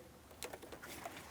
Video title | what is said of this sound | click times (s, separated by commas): How to Replace Starter 2007-2014 Ford Edge 3.5L V6 | We're going to take this. We're pressing it into position. Listen for our click here. | 0.4 s